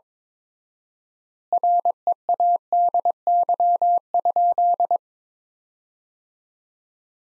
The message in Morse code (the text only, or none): READY?